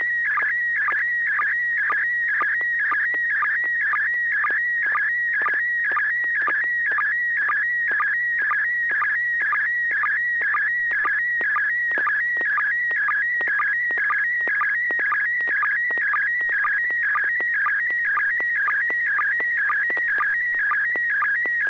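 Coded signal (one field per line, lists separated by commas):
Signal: SSTV (slow-scan television)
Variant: PD120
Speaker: well this is going to be pd 120 and should be coming up fairly quickly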